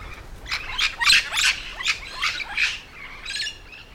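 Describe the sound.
Yellow-shouldered parrot giving harsh, raspy squawks, several short bursts in quick irregular succession, fading slightly toward the end.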